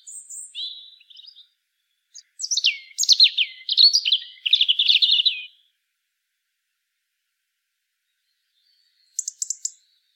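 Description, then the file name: European robin song: a short high warbled phrase, then a rich tumbling sequence of liquid notes and trills. After a long silence, a brief cluster of very high notes. "Erithacus rubecula"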